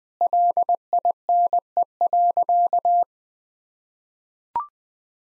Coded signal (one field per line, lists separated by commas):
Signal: Morse code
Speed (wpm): 20 wpm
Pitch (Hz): 700 Hz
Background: none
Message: LINE.